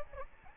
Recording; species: mosquito wingbeat signal from an infrared sensor; Aedes albopictus